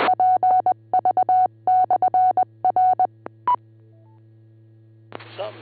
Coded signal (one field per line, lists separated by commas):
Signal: Morse code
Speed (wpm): 20 wpm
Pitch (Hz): 740 Hz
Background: speech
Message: PV/R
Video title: Cuyahoga Falls Amateur Radio Club - W8VPV - 2m/440 net 147.27+, 444.85+ 110.9 pl 8:00 PM, 3-30-26